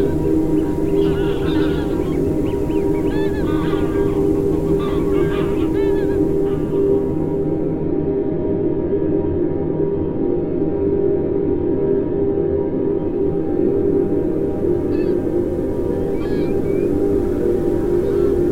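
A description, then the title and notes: Field recordings blend with an electronic drone: a steady, dense low hum with sustained tones around the middle pitches holds throughout at an even level. Over the first seven seconds, faint chirping, call-like sounds flicker above it, returning briefly near fifteen seconds. A mix of original field recordings with an electronic drone sequence.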